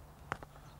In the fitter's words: Gone in the end there. And you should hear it click. There you go.